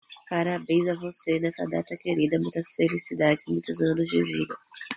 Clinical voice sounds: short text; Brazilian Portuguese; female; 30 to 39 years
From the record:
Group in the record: control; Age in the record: 33 years

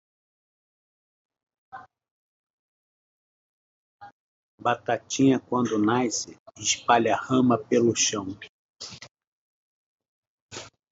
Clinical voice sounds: short text; Brazilian Portuguese; male; 50 to 59 years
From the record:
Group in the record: control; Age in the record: 56 years

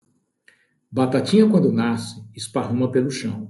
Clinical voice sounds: short text; Brazilian Portuguese; male; 50 to 59 years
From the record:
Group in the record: control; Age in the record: 59 years

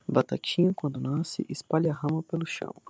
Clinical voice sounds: short text; Brazilian Portuguese; male; 18 to 19 years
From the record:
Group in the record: control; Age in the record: 19 years

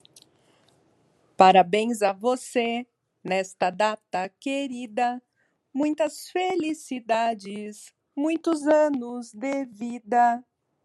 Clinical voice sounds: short text; Brazilian Portuguese; female; 40 to 49 years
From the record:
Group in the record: control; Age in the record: 43 years

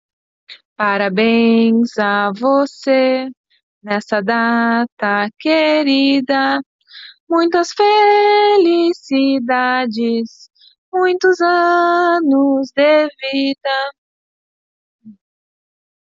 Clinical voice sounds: short text; Brazilian Portuguese; female; 20 to 29 years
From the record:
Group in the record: control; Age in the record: 28 years

